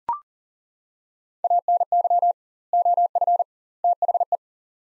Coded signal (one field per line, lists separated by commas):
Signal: Morse code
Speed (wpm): 39 wpm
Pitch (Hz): 700 Hz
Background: none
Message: ANY OF THE